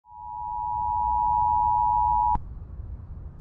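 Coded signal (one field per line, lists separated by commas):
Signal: Emergency Alert System (SAME) tones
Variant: 853 and 960 Hz attention tone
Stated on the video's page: Fictional zombie apocalypse EAS scenario on radio.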